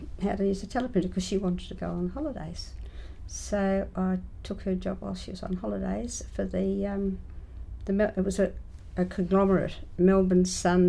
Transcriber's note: none